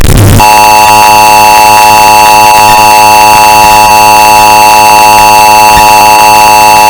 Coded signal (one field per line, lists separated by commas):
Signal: Emergency Alert System (SAME) tones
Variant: 853 and 960 Hz attention tone